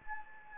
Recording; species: mosquito wingbeat signal from an infrared sensor; Anopheles gambiae